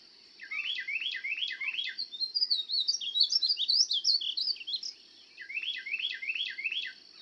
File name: Painted Bunting